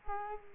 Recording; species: mosquito wingbeat signal from an infrared sensor; Culex quinquefasciatus